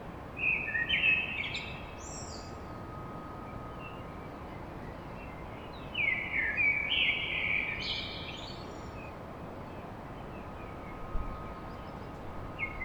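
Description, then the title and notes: Common blackbird singing two fluty, warbling phrases several seconds apart, with thin high notes, and a third beginning at the very end, over a continuous hiss and faint hum. Recorded at dawn in Paris. "Blackbird Poetry At Paris On. Enregistrement d'un chant de merle à l'aube dans Paris"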